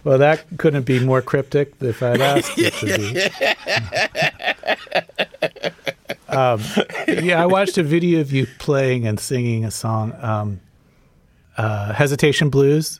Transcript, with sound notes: Well, that couldn't be more cryptic if I'd asked you to be.
(LAUGHTER)
Yeah. I watched a video of you playing and singing a song, "Hesitation Blues."